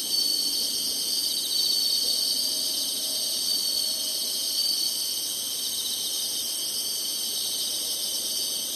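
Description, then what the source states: Steady chorus of insects, a ringing high drone that never stops. Singing insects in summer.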